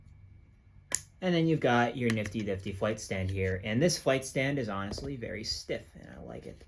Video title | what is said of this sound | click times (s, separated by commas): McFarlane DC Multiverse Speeding Bullets Batman Action Figure Review | slide it in there like so till you hear a click, | 0.9 s